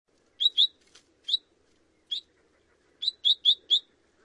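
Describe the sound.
Long-tailed finch calling with bright, clipped chirps, some paired and a final run of four in quick succession, over a quiet low background hum.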